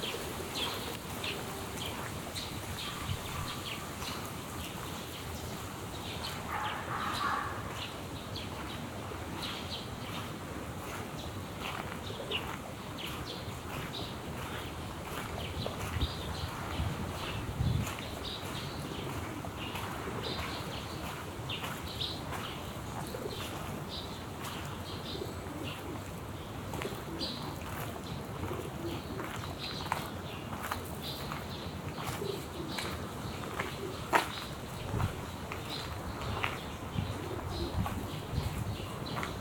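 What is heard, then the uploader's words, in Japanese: Pigeons in a park on a weekday: soft cooing and occasional wing flutters over a steady, dense murmur, with brief sharper taps throughout. 平日の公園と鳩 – Park and pigeons。平日午後の都内の公園で録音しました、鳩が休憩したり羽ばたいていく音など長閑な？日常の音です。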